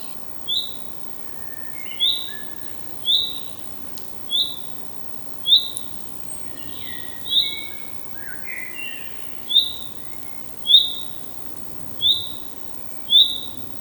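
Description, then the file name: Common chaffinch repeating its high short call note throughout, with scattered lower notes in the middle; faint hiss throughout. "Fringilla coelebs"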